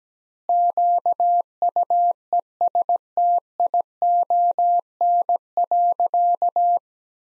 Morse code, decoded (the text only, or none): QUESTION.